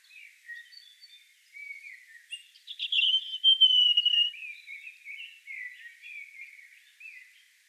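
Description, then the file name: European robin giving a long, softer warbling ramble of thin whistled notes that swells in the middle and fades again toward the end. "Erithacus rubecula"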